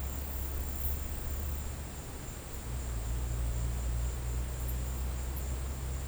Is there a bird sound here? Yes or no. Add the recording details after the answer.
no. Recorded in pastures near Puerto Asís, Putumayo, Colombia, on 19 March 2025 at 15:30. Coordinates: 0.472, -76.329. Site G074